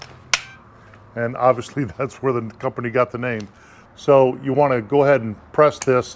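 A folding leg of a portable lounge chair is swung back into the open position until its hinge lock engages with a sharp click at 0.3 s, confirming the leg is locked. Afterward, someone talks.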